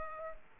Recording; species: mosquito wingbeat signal from an infrared sensor; Culex quinquefasciatus